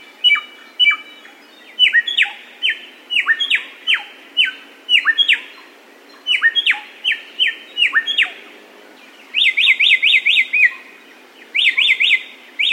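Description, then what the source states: Samyong song: clear downslurred whistles given singly or in pairs, then tight bursts of rapid rising-and-falling trilled notes near the end. Masteran (bird training) recording of samyong song.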